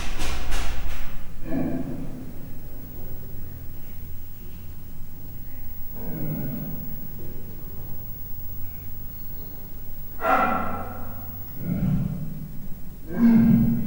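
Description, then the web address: Leopard cub calling with several short, rough calls at irregular intervals over a steady low hum. Three-month-old captive cub chirping at dinner time in a zoo in Miskolc, recorded in 2009. "miskolcizoo 2009 standardt leopard"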